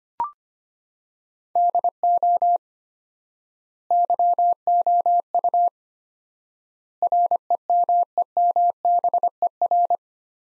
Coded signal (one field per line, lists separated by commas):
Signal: Morse code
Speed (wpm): 25 wpm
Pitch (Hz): 700 Hz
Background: none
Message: DO YOU REMEMBER